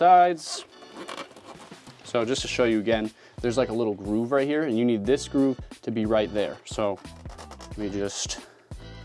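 A visor side clip is being lined up with the groove on a football helmet shell, with faint handling and scraping sounds under someone talking. Nothing has seated or clicked yet.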